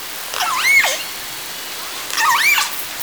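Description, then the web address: Orca calls, two matching calls with stacked harmonics that sweep up and then fall, about two seconds apart, over a steady background hiss. Southern Resident killer whales; call type S44 from a call catalogue, given twice in a row. "SRKW call-catalog Orca Calls Alwin Audiosamples call S 44 (two in row)"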